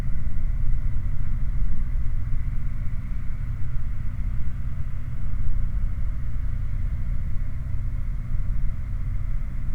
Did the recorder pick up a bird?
no